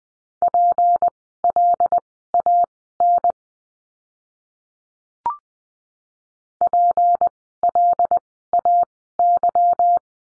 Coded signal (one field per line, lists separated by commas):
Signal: Morse code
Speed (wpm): 20 wpm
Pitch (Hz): 700 Hz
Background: none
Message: PLAN PLAY